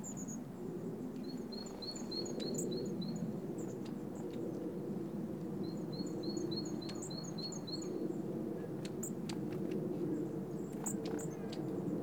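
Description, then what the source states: Bird giving two bursts of evenly spaced, high, sharp notes several seconds apart, with faint scattered ticks and a continuous low rumble underneath. Recorded in Oostduinen.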